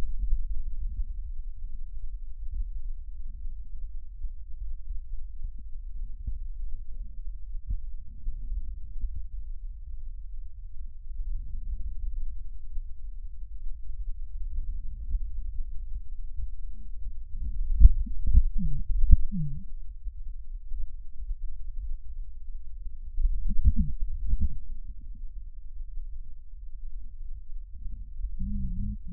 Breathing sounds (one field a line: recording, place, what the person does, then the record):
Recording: lung sounds by stethoscope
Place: right posterior basal chest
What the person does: quiet breathing, then cough and speech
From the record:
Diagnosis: COPD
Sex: female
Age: 72 years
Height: 156 cm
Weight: 72 kg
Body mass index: 29.6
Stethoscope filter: bell mode